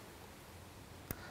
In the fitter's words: like that pushing until you hear the click and